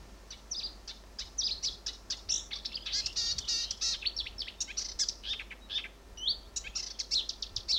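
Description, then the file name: Marsh warbler singing a rapid, continuous jumble of varied high chirps, buzzes, trills and whistled notes, changing phrase every moment without pause. Recorded at Fylingen. "myrsanger Fylingen Hjelmaas"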